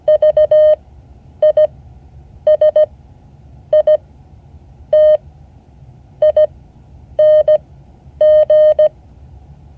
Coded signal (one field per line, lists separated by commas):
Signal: Morse code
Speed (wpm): 17 wpm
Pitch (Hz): 610 Hz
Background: none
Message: VISITING